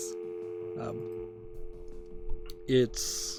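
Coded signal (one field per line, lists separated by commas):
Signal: telephone call progress tone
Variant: North America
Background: speech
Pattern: dial tone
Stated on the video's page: Tone from the puzzle game Please, Don't Touch Anything 3D.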